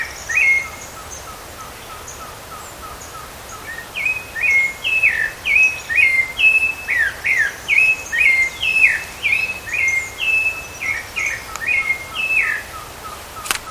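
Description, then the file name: Rufous-bellied thrush song: a brisk run of short, slurred two-part phrases, about two each second, over faint steady ticking and thin high notes. Recorded at Parque do Caracol, Canela, Rio Grande do Sul, Brazil, on 30 October 2013. "Turdus-rufiventris-Pq Caracol Canela RS-30-10-13-ASilveira"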